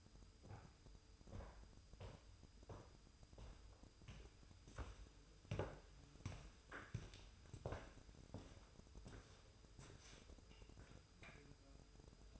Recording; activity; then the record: daily activity, microphone in the room; walk to room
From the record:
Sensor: 2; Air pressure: 988.1 hPa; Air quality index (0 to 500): 179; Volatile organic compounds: 123 ppm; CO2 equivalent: 3890 ppm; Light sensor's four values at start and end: 21/71/28/26 and 21/70/27/26